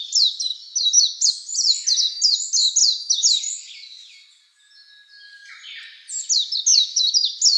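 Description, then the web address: Warbling white-eye singing a rapid, high-pitched jumble of twittering notes, breaking off for about two and a half seconds with a faint lower whistle before the excited warble resumes. "birdenaga mejiro"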